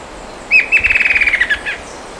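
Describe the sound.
Bird giving a single trill: a sharp opening note, then a fast series of high chirps on a steady pitch that slides slightly lower before ending, over quiet background.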